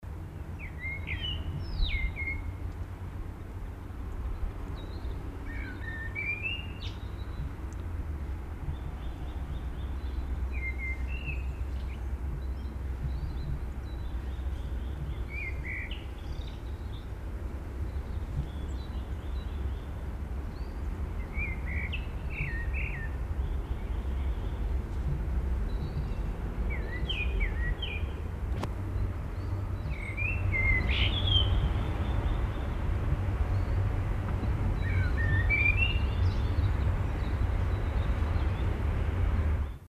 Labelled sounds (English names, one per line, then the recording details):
Common Blackbird song
European Greenfinch
Willow Tit
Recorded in the wild
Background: Chloris chloris, Poecile montanus
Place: Garmisch-Partenkirchen, Bayern, DE
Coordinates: 47.4886, 11.1267
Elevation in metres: 817
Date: 1969-04-11
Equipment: Uher 4000, Sennheiser MKH 405
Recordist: Tretzel, Erwin
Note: Ostern 1969, oberhalb Vogelschutzwarte, Gsteigstraße 43, Garmisch-Partenkirchen: Gesang